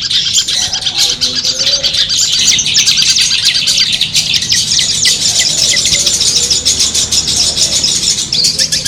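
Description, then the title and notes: Long-tailed shrike pouring out rapid, grating chatter and high buzzy notes in a steady, dense stream, with a low hum underneath. Competition-style song of the long-tailed shrike, locally called cendet, made as a training recording for birds and used as 'mental therapy' for cendet. "Suara Lomba untuk Terapi Mental Cendet. Masteran Burung Cendet"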